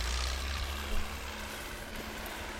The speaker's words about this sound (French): 20 ans il a ce tracteur là.